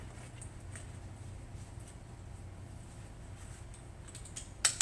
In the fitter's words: know you got it in place when you hear that click.